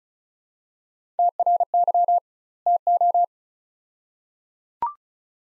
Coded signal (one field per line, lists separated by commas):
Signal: Morse code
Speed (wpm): 36 wpm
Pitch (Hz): 700 Hz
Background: none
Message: TRY TO